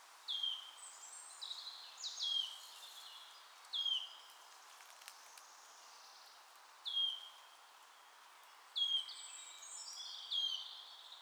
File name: sisego fuzike hangja